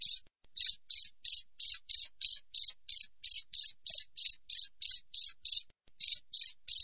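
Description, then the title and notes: Cricket chirping: high, short, scratchy pulses repeated about three times a second in a steady train, with one brief pause near the end; no other sounds. Wild cricket recorded clearly with tight gaps between chirps, intended as a tutor recording for training songbirds and for repelling rats. "Masteran Jangkrik Alam Jernih, Jeda Rapat Cocok Untuk Masteran Burung Dan Mengusir Tikus. suara jangkrik"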